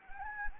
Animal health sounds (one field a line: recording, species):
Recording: mosquito wingbeat signal from an infrared sensor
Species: Anopheles gambiae